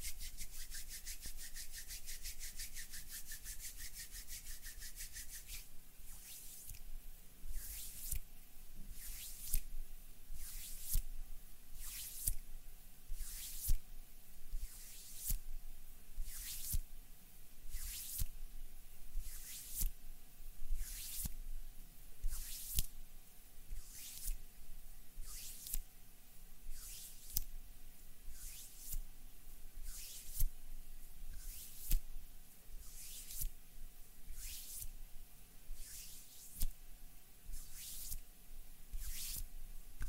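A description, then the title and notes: Hand sounds and movements: a fast, dense rubbing hiss for five seconds, then regular bright swishes about twice a second over a low steady hum. HAND SOUNDS AND MOVEMENTS ASMR. NO TALKING.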